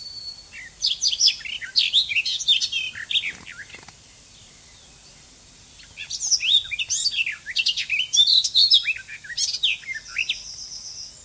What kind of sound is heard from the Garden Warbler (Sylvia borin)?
song